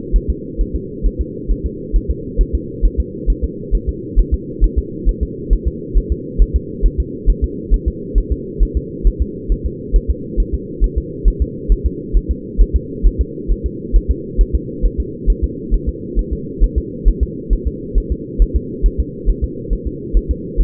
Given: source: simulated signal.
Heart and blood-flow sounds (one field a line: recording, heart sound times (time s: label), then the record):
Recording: fetal heart sounds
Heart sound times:
0.16 s: S1
0.30 s: S2
0.61 s: S1
0.76 s: S2
1.06 s: S1
1.21 s: S2
1.52 s: S1
1.66 s: S2
1.96 s: S1
2.11 s: S2
2.41 s: S1
2.55 s: S2
2.85 s: S1
3.00 s: S2
3.30 s: S1
3.44 s: S2
3.75 s: S1
3.89 s: S2
4.19 s: S1
4.34 s: S2
4.64 s: S1
4.78 s: S2
5.09 s: S1
5.23 s: S2
5.53 s: S1
5.68 s: S2
5.98 s: S1
6.12 s: S2
6.42 s: S1
6.56 s: S2
6.86 s: S1
7.00 s: S2
7.30 s: S1
7.44 s: S2
7.74 s: S1
7.88 s: S2
8.18 s: S1
8.32 s: S2
8.63 s: S1
8.77 s: S2
9.07 s: S1
9.22 s: S2
9.52 s: S1
9.66 s: S2
9.96 s: S1
10.11 s: S2
10.40 s: S1
10.54 s: S2
10.84 s: S1
10.98 s: S2
11.28 s: S1
11.42 s: S2
11.72 s: S1
11.86 s: S2
12.17 s: S1
12.31 s: S2
12.62 s: S1
12.76 s: S2
13.06 s: S1
13.21 s: S2
13.52 s: S1
13.66 s: S2
13.96 s: S1
14.11 s: S2
14.41 s: S1
14.55 s: S2
14.86 s: S1
15.00 s: S2
15.30 s: S1
15.44 s: S2
15.74 s: S1
15.89 s: S2
16.19 s: S1
16.33 s: S2
16.64 s: S1
16.78 s: S2
17.08 s: S1
17.23 s: S2
17.53 s: S1
17.68 s: S2
17.98 s: S1
18.12 s: S2
18.42 s: S1
18.56 s: S2
18.86 s: S1
19.00 s: S2
19.30 s: S1
19.44 s: S2
19.73 s: S1
19.87 s: S2
20.17 s: S1
20.31 s: S2
20.61 s: S1
From the record:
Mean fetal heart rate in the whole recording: 135 bpm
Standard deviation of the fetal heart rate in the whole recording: 3 bpm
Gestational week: 36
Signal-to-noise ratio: -4.1 dB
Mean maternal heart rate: no maternal heart sound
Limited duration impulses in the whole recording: absent